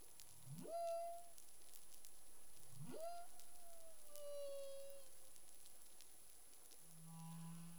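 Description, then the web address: Humpback whale sounds: twice a fast rising whoop turning into a held tone, the second long and slowly falling, then a low steady hum, amid underwater hiss. Caribbean, 25 February 2021 at 11:35 UTC. "CARIMAM clean data humpback whale"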